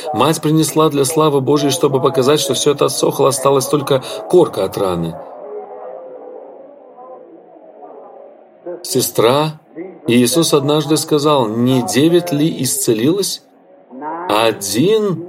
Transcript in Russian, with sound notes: Мать принесла для славы Божьей, чтобы показать, что всё это отсохло, осталась только корка от раны. [Собрание радуется и благодарит Бога—Ред.] Сестра, Иисус однажды сказал: “Не девять ли исцелилось?”